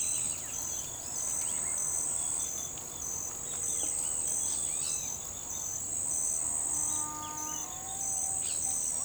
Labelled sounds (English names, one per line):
none